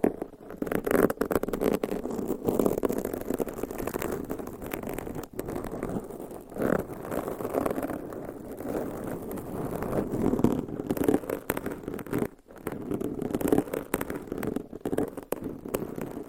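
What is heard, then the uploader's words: Dense scratching and rubbing against a microphone cover, a continuous low-mid rustle with brief dips and sharp scrapes throughout. ASMR Mic Scratching - Brain Scratching with Different Mic Covers 100% Tingles - Asmr No Talking.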